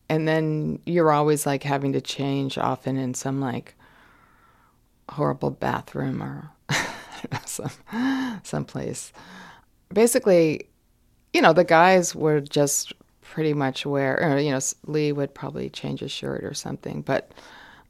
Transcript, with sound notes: And then you're always, like, having to change often in some, like, horrible bathroom or - I don't know (laughter) - someplace.
Basically, you know, the guys would just pretty much wear - you know, Lee would probably change his shirt or something.